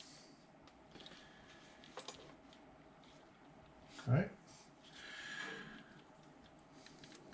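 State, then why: Not seated. A fuel injector is being handled and lined up to press into the fuel rail of a 2012 Hemi 1500, with faint ticks and light handling noises around 0.7–2.1 s and again near the end while someone talks briefly. Nothing has seated or clicked yet.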